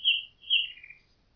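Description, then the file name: Common nightingale song, two long pure whistles followed by a lower slurred note, brief and clear. "Nachtigall"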